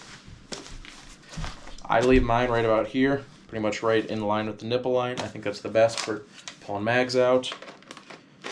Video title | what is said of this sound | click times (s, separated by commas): Budget Chest rig review | It comes around, snaps into place. | 0.5 s